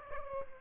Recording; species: mosquito wingbeat signal from an infrared sensor; Aedes aegypti